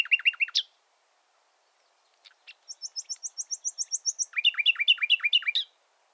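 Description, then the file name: Common nightingale song: a fast trill, a pause, then a high repeated series of whistles followed by rapid slurred notes repeated in a rhythmic burst. "Luscinia megarhynchos"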